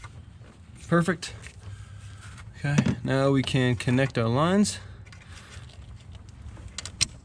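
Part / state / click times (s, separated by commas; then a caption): fuel line quick-connect coupling onto fuel filter housing / seated / 7.0 s. A fuel line quick-connect coupling is pushed onto the fuel filter housing port of a 2011 Ford F-250 truck. Someone talks first, then faint handling noises and small ticks follow. A sharp click at 7.0 s shows the coupling is seated.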